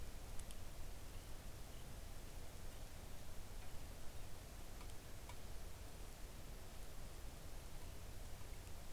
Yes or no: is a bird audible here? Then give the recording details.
yes. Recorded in the Arctic National Wildlife Refuge, Alaska, on 3 August 2019 at 05:56. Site 41